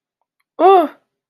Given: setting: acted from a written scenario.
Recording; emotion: vocal sound without words; negative surprise